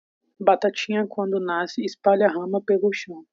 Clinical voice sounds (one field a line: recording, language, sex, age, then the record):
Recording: short text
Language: Brazilian Portuguese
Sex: female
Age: 20 to 29 years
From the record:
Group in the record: control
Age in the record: 21 years